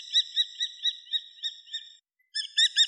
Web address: Falco tinnunculus